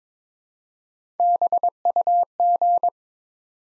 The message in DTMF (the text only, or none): none